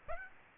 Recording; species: mosquito wingbeat signal from an infrared sensor; Aedes aegypti